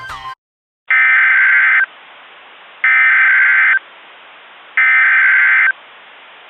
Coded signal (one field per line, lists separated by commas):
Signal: Emergency Alert System (SAME) tones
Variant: header bursts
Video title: EAS Reenactment Mock: The Bastrop Tornado - 05/12/2020